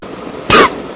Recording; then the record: coughing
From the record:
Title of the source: 31 night wet cough